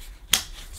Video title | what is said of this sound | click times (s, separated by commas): Miele Complete C3 Cat & Dog Vacuum Cleaner Unboxing & Demonstration | so here's the curved handle and the other end of the hose it just pushes on until it clicks | 0.3 s